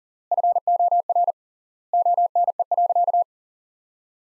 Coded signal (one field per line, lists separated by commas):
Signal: Morse code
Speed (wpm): 40 wpm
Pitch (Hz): 700 Hz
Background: none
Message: FOR ONE.